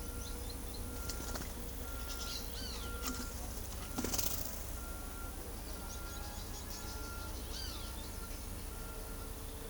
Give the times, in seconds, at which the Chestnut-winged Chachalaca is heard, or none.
none